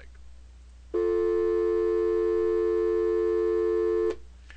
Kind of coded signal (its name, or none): telephone call progress tone